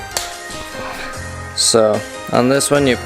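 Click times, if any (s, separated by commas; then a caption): 0.2 s. On an old 350Z engine wiring harness, the locking clip of the cam position sensor's plastic connector is pushed in until it pops at 0.2 s, releasing the connector so it can be wiggled out. Someone talks afterward.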